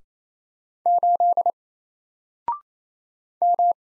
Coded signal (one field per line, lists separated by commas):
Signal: Morse code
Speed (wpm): 28 wpm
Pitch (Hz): 700 Hz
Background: none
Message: 8 M